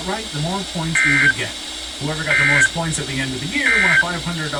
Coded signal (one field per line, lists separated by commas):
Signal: Emergency Alert System (SAME) tones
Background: speech